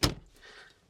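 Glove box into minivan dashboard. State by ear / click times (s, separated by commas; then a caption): seated / 0.0 s. After the cabin air filter is replaced, a plastic glove box is lined up and squeezed so its side stops snap back into a minivan dashboard. A single sharp snap sounds at 0.0 s and fades into faint low rustling. The glove box is seated back in place.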